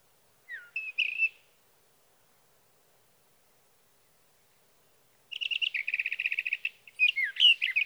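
Sage thrasher song: a brief warbled phrase, then after a pause a long run of rapid, repeated warbling notes mixed with whistled slurs.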